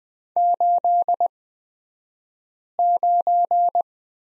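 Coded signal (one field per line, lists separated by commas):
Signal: Morse code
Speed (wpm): 20 wpm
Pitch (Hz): 700 Hz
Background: none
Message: 89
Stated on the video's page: Morse course lesson on the prosign BK at Farnsworth speed 20/10 wpm.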